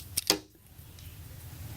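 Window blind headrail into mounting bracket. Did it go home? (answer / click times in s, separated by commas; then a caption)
yes / 0.2 s, 0.3 s. A cordless 2-inch faux wood window blind's headrail is pushed into its mounting bracket. Two sharp clicks are heard at 0.2 and 0.3 seconds, followed by quiet low background noise. The headrail is seated in the bracket.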